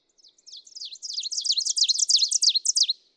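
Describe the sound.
Ovenbird song: a rapid string of sharp two-note phrases that builds steadily louder over about three seconds, then stops abruptly.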